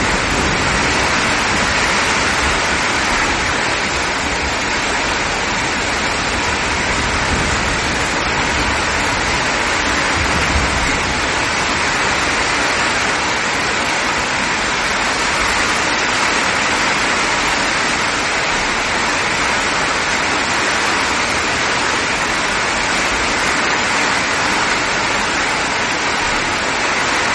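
A heavy rainstorm pours down in a dense, unbroken hiss that stays level from start to finish. The roar is full and bright, with a low rumbling undertone that swells slightly around ten seconds and fades again. No distinct thunderclaps stand out.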